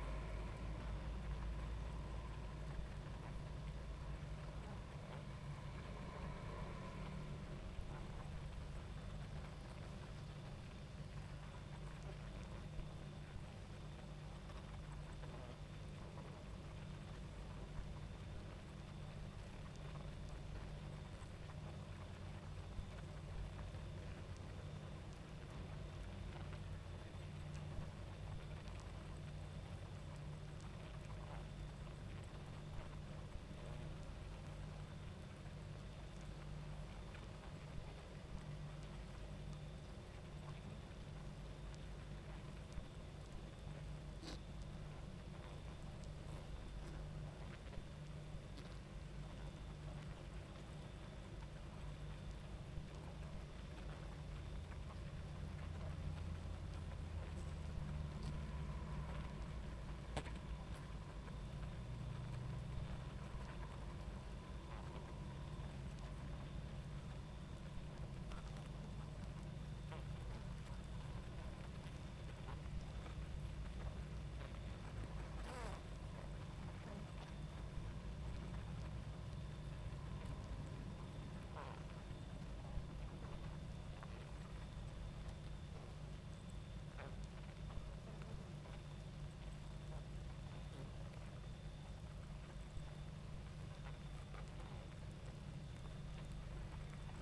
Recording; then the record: honeybee colony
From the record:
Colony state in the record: active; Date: 28 July 2017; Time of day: 22:36